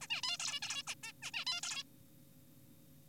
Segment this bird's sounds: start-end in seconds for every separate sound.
0.01-0.07, 0.10-0.21, 0.23-0.38, 0.40-0.60, 0.62-0.83, 0.88-0.94, 1.03-1.12, 1.23-1.31, 1.34-1.45, 1.47-1.61, 1.63-1.83